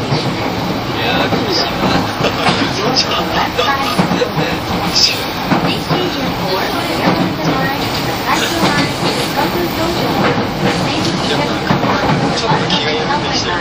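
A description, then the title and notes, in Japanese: A commuter train running at speed, with a dense, steady roar and rumble that hardly changes in level. Faint voices and small rattles and clicks come through the noise throughout. E231系 湘南新宿ライン特別快速01 大宮～大船。浦和駅と武蔵小杉駅が未開業時の最速運転時代だった、E231系特別快速を収録したものです。走行音。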